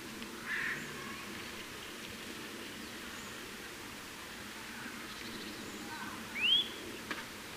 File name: Sitta europaea